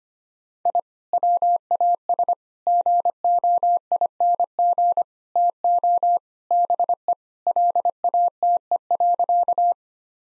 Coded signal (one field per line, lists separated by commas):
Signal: Morse code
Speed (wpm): 25 wpm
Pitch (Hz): 700 Hz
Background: none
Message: I WAS GOING TO BE LATE.